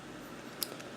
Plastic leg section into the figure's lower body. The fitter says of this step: snap that into place and there we have the lower body of bumblebee forms next